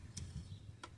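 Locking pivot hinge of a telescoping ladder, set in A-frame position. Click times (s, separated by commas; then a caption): 0.2 s, 0.8 s. The locking pivot hinge of a 20-foot telescoping aluminum ladder, rated for 330 lb, is unlocked and each side is swung outward into A-frame position. Two sharp clicks at 0.2 s and 0.8 s rise over a low rumble. The hinge locks the ladder in A-frame position.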